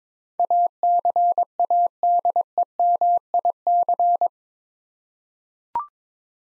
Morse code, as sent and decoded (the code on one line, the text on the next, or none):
.- -.-. .- -.. . -- .. -.-.
ACADEMIC